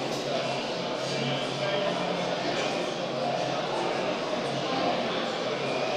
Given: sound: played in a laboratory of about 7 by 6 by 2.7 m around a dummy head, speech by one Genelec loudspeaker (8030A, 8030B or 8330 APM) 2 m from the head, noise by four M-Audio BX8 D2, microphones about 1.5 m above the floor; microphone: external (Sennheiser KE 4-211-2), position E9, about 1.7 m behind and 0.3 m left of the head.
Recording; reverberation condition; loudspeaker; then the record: cafeteria noise; high; four, about 170 cm from the corners of the room and facing them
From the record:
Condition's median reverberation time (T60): about 1300 ms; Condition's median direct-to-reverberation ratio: about -4.0 dB